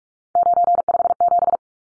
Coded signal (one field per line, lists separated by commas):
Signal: Morse code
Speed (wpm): 44 wpm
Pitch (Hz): 700 Hz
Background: none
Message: 957